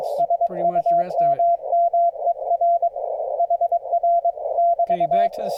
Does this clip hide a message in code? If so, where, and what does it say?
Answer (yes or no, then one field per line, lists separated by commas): yes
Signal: Morse code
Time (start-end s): 0.2-5.3 s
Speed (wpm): 22 wpm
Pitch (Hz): 690 Hz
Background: speech, radio noise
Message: SUMMER HR <BT>